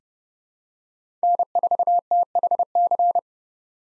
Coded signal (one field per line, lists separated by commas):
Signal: Morse code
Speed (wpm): 30 wpm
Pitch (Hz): 700 Hz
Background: none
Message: N4THC